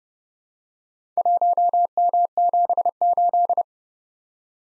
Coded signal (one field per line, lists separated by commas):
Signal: Morse code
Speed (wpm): 28 wpm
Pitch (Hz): 700 Hz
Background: none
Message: 1M78